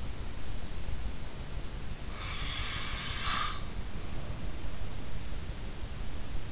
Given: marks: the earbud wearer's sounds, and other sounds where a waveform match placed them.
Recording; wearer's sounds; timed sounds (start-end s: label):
sounds in sleep by an in-ear microphone; snoring breath
2.02-4.64 s: snoring breath